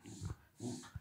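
Two rough, snorting bursts of noisy breath from a dog, Judah, within about a second, low and throaty with a hissing edge, sounding like choking. This is reverse sneezing: the dog forcefully snorts air in through the nose and pushes it back out to clear an irritant such as dust or a hair lodged in the throat or nasal passage. Vets consider it harmless.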